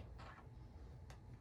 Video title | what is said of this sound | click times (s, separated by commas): Brother MFC L-3750CDW - How To Replace and Reset Drum and Toner Cartridge - Onyx | put it in the drum once you hear it click you know it locks into place and then | 1.1 s